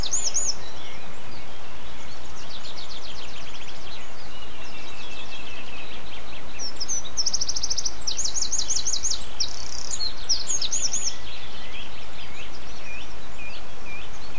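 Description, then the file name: Bird song: bright high trills and rapid chirping phrases in bursts, with fainter chirping earlier, over steady background noise. Birdsong dated 11 04 07, recorded on an MZ-N710 device. "MZ-N 710 Chants d oiseaux 11 04 07"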